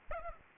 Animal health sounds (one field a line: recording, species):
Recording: mosquito wingbeat signal from an infrared sensor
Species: Culex pipiens